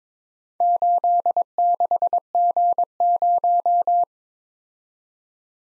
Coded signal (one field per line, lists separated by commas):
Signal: Morse code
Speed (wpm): 27 wpm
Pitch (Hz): 700 Hz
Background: none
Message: 86G0